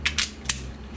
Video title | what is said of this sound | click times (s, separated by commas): McLaren key not found? Won't start? Keyfob battery dead? Watch this! | That clicks back in. | 0.5 s